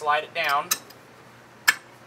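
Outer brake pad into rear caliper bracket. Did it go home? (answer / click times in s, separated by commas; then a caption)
yes / 1.7 s. On a 2002 Ford Explorer, the outer rear brake pad is slid down into the caliper bracket while someone talks. It pops into place with one sharp click at 1.7 s, seated.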